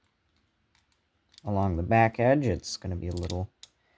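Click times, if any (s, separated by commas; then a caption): none. A 2x2 plastic building-brick tile with a missing chunk is handled and pressed toward the back edge of a brick car model, with faint light ticks near 0.0, 0.8 and 0.9 seconds. Someone talks from about 1.4 to 3.5 seconds, followed by a brief sharp tick around 3.6 seconds. Nothing has seated or clicked yet.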